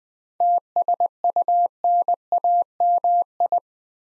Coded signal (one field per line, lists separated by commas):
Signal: Morse code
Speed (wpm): 20 wpm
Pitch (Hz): 700 Hz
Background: none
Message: TSUNAMI